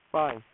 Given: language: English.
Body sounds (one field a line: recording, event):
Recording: throat vibration sensor signal played as sound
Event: speech